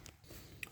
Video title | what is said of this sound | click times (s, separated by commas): Entretient #citroen C4 Grand Picasso - filtre a huile - doubble#vidange et rinçage complète. | bleu vous soulevez et après ça se verrouille. | 0.1 s, 0.6 s